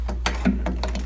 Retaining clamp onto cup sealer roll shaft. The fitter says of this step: so it's not gonna move anywhere it's gonna be still locked into place okay